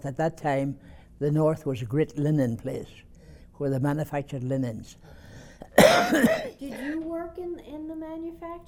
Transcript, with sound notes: At that time, the north was a great linen place where they manufactured linens. (He coughs)
Did you work in the manufacturing?